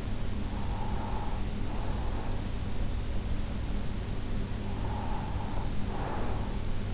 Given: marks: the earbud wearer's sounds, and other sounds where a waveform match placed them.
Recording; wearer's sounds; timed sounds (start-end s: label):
sounds in sleep by an in-ear microphone; breath
0.26-2.83 s: breath
4.58-6.94 s: breath